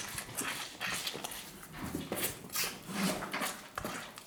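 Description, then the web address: Cattle: calves suckling, with wet, noisy slurps and sucks coming in quick, uneven bursts. "The BBC Sound Effects Library. Calves Suckling"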